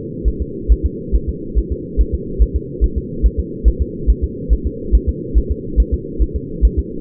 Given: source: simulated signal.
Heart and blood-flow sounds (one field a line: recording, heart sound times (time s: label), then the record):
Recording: fetal heart sounds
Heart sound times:
0.28 s: S1
0.42 s: S2
0.72 s: S1
0.86 s: S2
1.15 s: S1
1.29 s: S2
1.58 s: S1
1.72 s: S2
2.01 s: S1
2.15 s: S2
2.42 s: S1
2.56 s: S2
2.84 s: S1
2.98 s: S2
3.26 s: S1
3.40 s: S2
3.68 s: S1
3.82 s: S2
4.10 s: S1
4.24 s: S2
4.53 s: S1
4.67 s: S2
4.95 s: S1
5.09 s: S2
5.38 s: S1
5.51 s: S2
5.80 s: S1
5.94 s: S2
6.22 s: S1
6.36 s: S2
6.65 s: S1
6.79 s: S2
From the record:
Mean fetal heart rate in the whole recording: 140 bpm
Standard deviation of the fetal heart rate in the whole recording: 2 bpm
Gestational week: 34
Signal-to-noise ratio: -4.3 dB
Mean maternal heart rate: 72 bpm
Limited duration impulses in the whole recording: absent